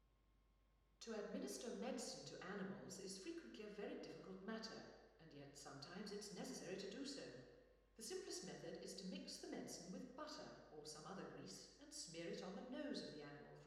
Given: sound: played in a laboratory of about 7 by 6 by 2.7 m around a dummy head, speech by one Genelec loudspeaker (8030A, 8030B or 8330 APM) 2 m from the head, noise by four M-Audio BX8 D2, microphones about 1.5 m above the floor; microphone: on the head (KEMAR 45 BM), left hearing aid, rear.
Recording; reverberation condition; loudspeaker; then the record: female speech in English; high; 120 degrees to the left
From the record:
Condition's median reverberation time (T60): about 1300 ms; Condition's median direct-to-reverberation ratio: about -4.0 dB